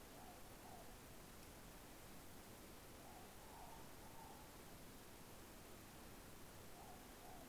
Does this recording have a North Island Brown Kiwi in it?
no